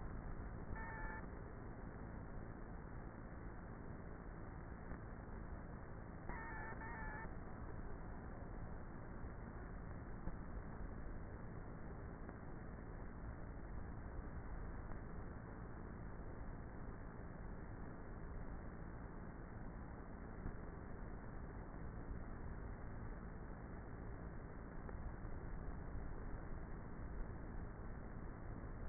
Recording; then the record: honeybee colony, microphone inside the hive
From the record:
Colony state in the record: queenless with a low population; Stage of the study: before two queens were removed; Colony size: about 30,000 bees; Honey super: no